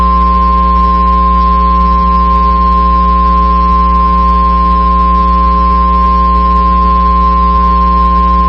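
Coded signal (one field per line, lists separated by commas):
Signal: Emergency Alert System (SAME) tones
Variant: 1050 Hz attention tone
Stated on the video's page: SAME tones of Required Weekly Tests received on eight NOAA Weather Radio stations.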